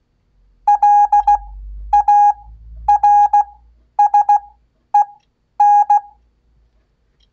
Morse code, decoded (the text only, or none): LARSEN